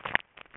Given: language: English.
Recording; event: throat vibration sensor signal played as sound; swallow